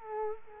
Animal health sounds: mosquito wingbeat signal from an infrared sensor; Culex quinquefasciatus

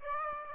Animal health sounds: mosquito wingbeat signal from an infrared sensor; Aedes aegypti

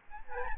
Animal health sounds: mosquito wingbeat signal from an infrared sensor; Aedes albopictus

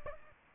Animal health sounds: mosquito wingbeat signal from an infrared sensor; Aedes aegypti

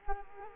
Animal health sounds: mosquito wingbeat signal from an infrared sensor; Culex quinquefasciatus

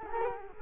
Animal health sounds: mosquito wingbeat signal from an infrared sensor; Culex quinquefasciatus

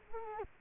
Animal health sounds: mosquito wingbeat signal from an infrared sensor; Culex quinquefasciatus

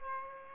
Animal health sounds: mosquito wingbeat signal from an infrared sensor; Aedes aegypti

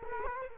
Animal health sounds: mosquito wingbeat signal from an infrared sensor; Culex quinquefasciatus

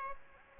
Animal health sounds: mosquito wingbeat signal from an infrared sensor; Aedes aegypti

